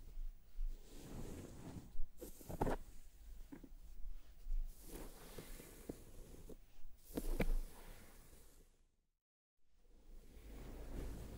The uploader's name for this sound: massage your scalp and brush your hair